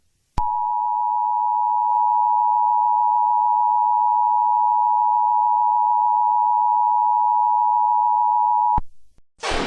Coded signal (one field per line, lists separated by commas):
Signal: Emergency Alert System (SAME) tones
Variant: 853 and 960 Hz attention tone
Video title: eas scenario catemojibabyheat part 13 happy halloween